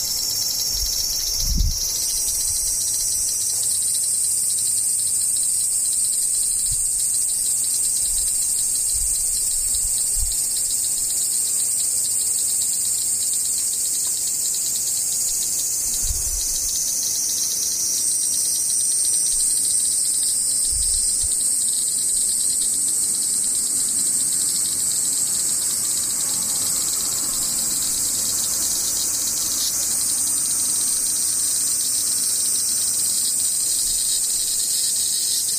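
Cicadas drone without a break for the whole clip, a dense, bright, high shrill that holds steady with slight swells in pitch and strength. A few soft low thumps break through now and then, around the start and near the middle.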